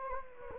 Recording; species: mosquito wingbeat signal from an infrared sensor; Anopheles gambiae